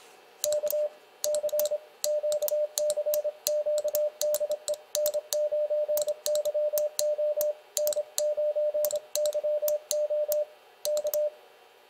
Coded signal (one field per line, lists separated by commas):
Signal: Morse code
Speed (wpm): 26 wpm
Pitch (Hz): 600 Hz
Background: none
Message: K CQ CQ DE N9YO N9YO K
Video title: CW Morse Code Speed Game | How FAST Can You Code???